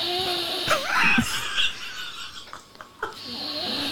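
Rough, tonal snoring from a sleeping adult man, recorded overnight at home, with a wavering, gliding pitch that fills the first half, then fades into a brief quieter stretch before the snoring resumes. Loud, irregular snoring in a man who probably has sleep apnea.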